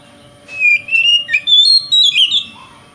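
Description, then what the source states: Oriental magpie-robin singing a short burst of varied whistled notes that slur upward and downward, with a low constant hum behind. Song style called 'konslet' in Indonesian, presented as a song that provokes other magpie-robins.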